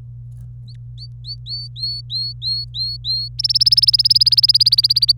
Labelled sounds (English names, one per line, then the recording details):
Domestic Canary song
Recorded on 25 April 2018 at 17:42
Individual llb3